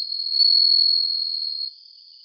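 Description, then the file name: Bell cricket giving a sustained high, bell-like ringing tone that drops sharply to a faint tone after about 1.7 seconds. "suzumushi"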